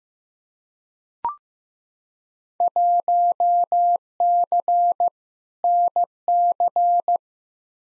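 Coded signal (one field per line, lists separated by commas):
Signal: Morse code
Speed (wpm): 15 wpm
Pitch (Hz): 700 Hz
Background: none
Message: 1C NC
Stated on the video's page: Morse practice of Field Day exchanges at 15wpm for head-copy, each sent twice.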